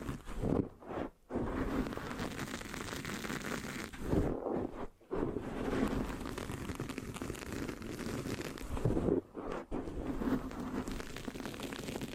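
Mic scratching with sticky textures, a dense, continuous rustle broken by brief silent gaps near one, five, and nine seconds.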